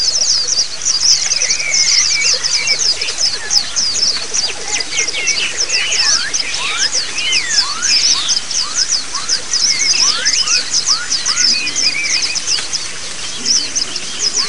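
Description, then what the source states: Many white-eyes twittering at once: a steady wash of high chirps, with clear slurred whistles standing out in the middle section. Therapy sound of white-eyes singing in ombyokan style, used as a training (masteran) recording.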